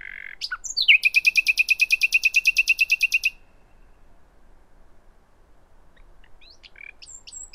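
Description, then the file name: Common nightingale song: a quick opening note followed by a loud, rapid, even series of repeated pulses for over two seconds, then faint high notes. "Luscinia megarhynchos"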